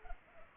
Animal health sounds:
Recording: mosquito wingbeat signal from an infrared sensor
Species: Culex pipiens

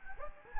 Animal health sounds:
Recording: mosquito wingbeat signal from an infrared sensor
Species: Anopheles gambiae

